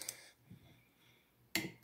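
A torque wrench is used on an engine bolt during a camshaft install on a Briggs and Stratton 289 engine. A couple of faint ticks come at the start, and then the wrench gives a sharp click at 1.5 seconds, showing it has reached its torque setting.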